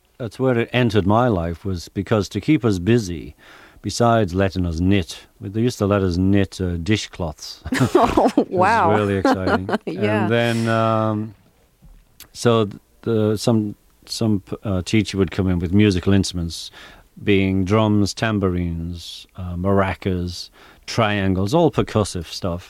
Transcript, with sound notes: That's where it entered my life was because to keep us busy, besides letting us knit - they used to let us knit dishcloths.
Oh, wow.
It was really exciting.
(Laughter) Yeah.
And then - so some teacher would come in with musical instruments, being drums, tambourines, maracas, triangles - all percussive stuff.